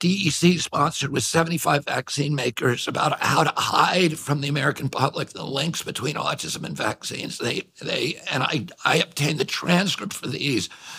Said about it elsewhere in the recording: He's got a vocal condition called spasmodic dysphonia, the effects of which you will certainly notice.